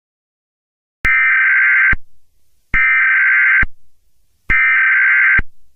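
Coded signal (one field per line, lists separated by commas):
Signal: Emergency Alert System (SAME) tones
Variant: header bursts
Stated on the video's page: Fictional EAS scenario.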